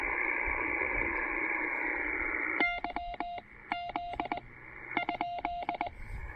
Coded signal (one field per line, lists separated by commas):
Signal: Morse code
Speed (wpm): 20 wpm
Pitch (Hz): 700 Hz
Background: radio noise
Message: YZ ?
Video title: Picnic Blanket POTA: The TR-45L and two 28' wires...simple QRP fun in beautiful weather!